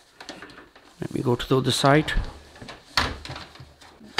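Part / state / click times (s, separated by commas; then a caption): wheel onto pressure washer body axle / seated / 3.0 s. The second wheel of a Kärcher K2 Premium Full Control Car and Home pressure washer is pushed onto the axle on the plastic body while someone talks. A few light knocks come first, then a sharp snap at 2.9 s marks the wheel clicking into place, and it is now fitted.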